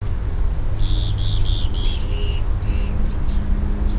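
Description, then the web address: Japanese pygmy woodpecker giving a quick run of about six buzzy, squeaky harmonic notes, over a low steady background rumble. Recorded 23 February 2008. "tosaka. kogera"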